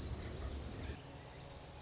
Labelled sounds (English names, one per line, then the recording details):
Orange-crowned Warbler
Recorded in Sonoma County, California